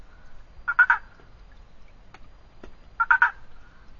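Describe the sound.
Boana prasina treefrog producing two quick rattling calls, each of a few rapid pulses, a little over two seconds apart.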